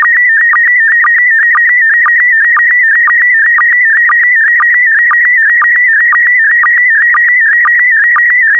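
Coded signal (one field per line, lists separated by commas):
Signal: SSTV (slow-scan television)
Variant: PD120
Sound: steady warbling electronic tone with rhythmic low blips about twice a second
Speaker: complete. You can now check your decoded image against the picture that is shown on the video.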